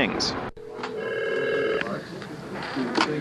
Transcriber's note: the sound of a phone being answered at a busy brokerage house